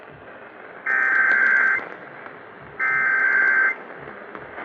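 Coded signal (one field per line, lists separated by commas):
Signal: Emergency Alert System (SAME) tones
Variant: header bursts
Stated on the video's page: Forwarded tornado warning EAS on WBAP-AM and KSKY-AM.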